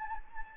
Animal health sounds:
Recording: mosquito wingbeat signal from an infrared sensor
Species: Anopheles gambiae

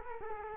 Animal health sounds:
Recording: mosquito wingbeat signal from an infrared sensor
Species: Culex quinquefasciatus

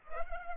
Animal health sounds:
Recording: mosquito wingbeat signal from an infrared sensor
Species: Culex pipiens

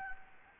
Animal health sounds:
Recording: mosquito wingbeat signal from an infrared sensor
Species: Anopheles gambiae

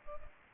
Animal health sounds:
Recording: mosquito wingbeat signal from an infrared sensor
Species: Culex pipiens

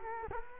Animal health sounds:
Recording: mosquito wingbeat signal from an infrared sensor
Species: Culex quinquefasciatus

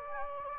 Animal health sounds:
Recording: mosquito wingbeat signal from an infrared sensor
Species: Anopheles gambiae

